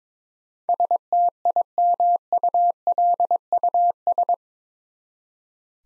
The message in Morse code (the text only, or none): STIMULUS